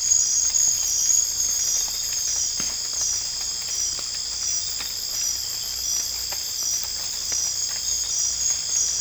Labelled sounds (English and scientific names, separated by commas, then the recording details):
none
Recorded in dense forest near Puerto Asís, Putumayo, Colombia, on 18 December 2024 at 01:30
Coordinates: 0.484, -76.325
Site G056